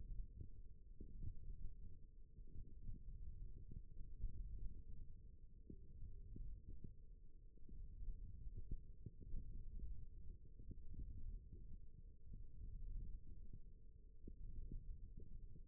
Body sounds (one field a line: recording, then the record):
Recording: forearm muscle sounds (acoustic myography)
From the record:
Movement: index flexion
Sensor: system 1, eight BSWA MPA416 microphones around the upper forearm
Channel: 4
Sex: male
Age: 18 years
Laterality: right